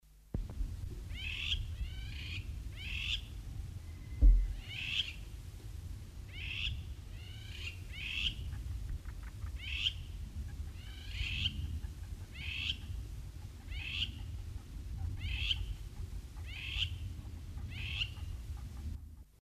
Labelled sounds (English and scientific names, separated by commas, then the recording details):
Crowned Lapwing (Vanellus coronatus) call
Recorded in captivity
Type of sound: call
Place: Frauenstein (Afrika)
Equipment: Halbspur, 9,5 cm/s
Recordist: Lütgens, Hans
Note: Rufe